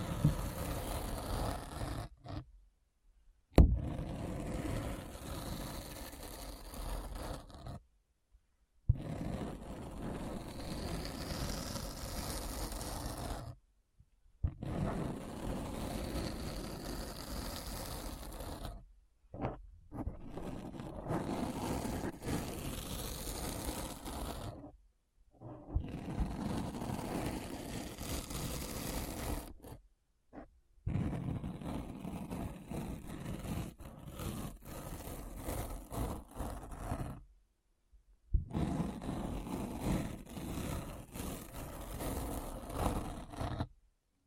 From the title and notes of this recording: ASMR Deep Brain Scratch (No Talking).